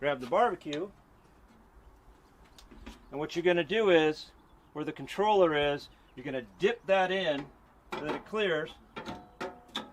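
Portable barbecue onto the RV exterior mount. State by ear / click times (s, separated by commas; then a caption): seated / 9.8 s. A portable barbecue is dipped over the controller on an RV's exterior side mount and pushed into place while someone talks. Faint knocks occur around 2.6 s and 2.9 s, then a sharp mechanical hit at 9.8 s as the barbecue seats onto the mount.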